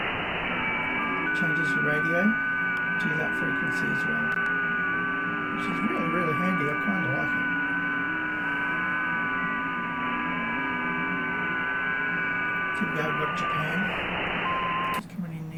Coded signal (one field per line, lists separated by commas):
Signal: FT8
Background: speech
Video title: Just some fun on FT8/4